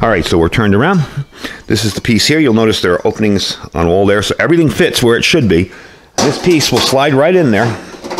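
Someone talks while handling the stainless steel chimney collar for a Vevor stainless steel wood stove, lining it up with the openings on the back of the stove so it can slide in. Nothing has seated or clicked yet; the collar is not yet home when the clip ends.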